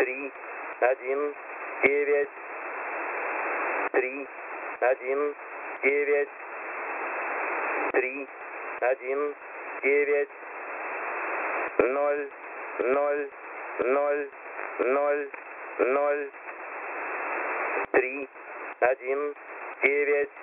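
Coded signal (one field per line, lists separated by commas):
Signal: numbers station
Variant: S06 Russian Man, Russian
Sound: male voice slowly reading digits in Russian, groups like 3-1-9, over hiss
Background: radio static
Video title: S06 Russian Man 02/12/2022 2000 UTC 5457kHz Windows XP Closing Sound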